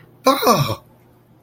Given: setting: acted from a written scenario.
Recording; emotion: vocal sound without words; positive surprise